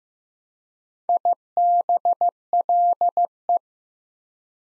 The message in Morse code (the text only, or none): IBLE